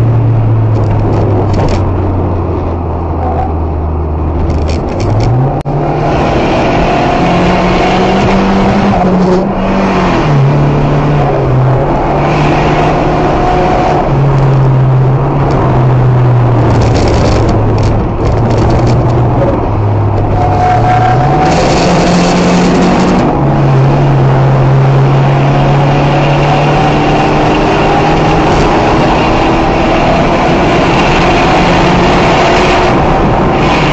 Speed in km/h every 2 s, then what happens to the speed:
89, 69, 68, 73, 95, 105, 108, 98, 88, 86, 82, 85, 93, 115, 125, 126, 135.
0-2 brakes to 69. 4-12 speeds up to 108. 12-21 slows to 82. 21-34 speeds up to 135.